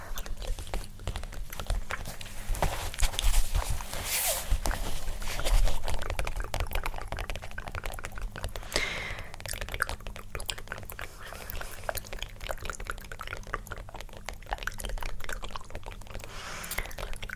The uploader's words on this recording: ASMR Personal Attention For EXTREME Tingles Tapping, Scratching, Layered, Mouth Sounds.